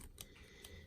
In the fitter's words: and it will there we go it will snap into place just like that